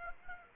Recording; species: mosquito wingbeat signal from an infrared sensor; Aedes aegypti